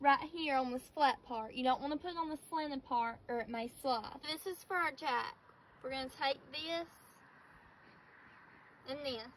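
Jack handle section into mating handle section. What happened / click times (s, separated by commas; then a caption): Handle pieces picked up, not yet joined; no seating click / none. Someone talks while picking up two metal jack handle sections, getting ready to push them together to change a Jeep tire. Crows call in the background. Nothing has clicked or seated yet.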